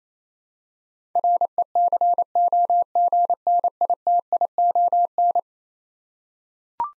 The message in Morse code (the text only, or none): RECOGNITION